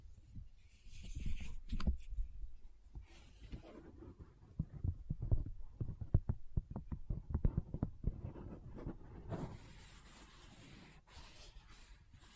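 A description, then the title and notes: Rummaging through a bag: soft rubbing and dull low thumps as items shift, with a quick run of sharp clicks and knocks between about 4 and 8 seconds. Bright, hissy rustling bursts in near the start and again through the last few seconds. ASMR What's In My Bag (No Talking).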